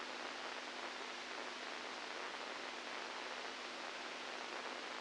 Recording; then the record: brain microelectrode recording played as sound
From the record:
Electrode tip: inside the subthalamic nucleus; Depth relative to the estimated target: -2 mm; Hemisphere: right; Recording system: NeuroSet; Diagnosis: Parkinson's disease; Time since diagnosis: 10 years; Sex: female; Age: 67 years